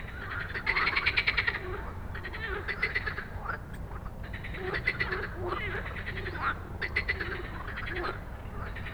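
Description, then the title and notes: Many frogs croaking, softer pulsed bursts coming and going irregularly, with occasional louder rattles and a steady low rumble underneath. Many frogs giving an evening chorus after dark in Stromovka Park, Prague, 18 May 2022, from 22:08; recorded on a Sony PCM-D100. "Stromovka Park, Prague - Frog concert at Stromovka after dark. Już z daleka słyszałem, że gdzieś blisko jest gęsto od żab i dają wieczorny koncert. I heard from afar that there is a lot of frogs somewhere near and they are giving an evening concert"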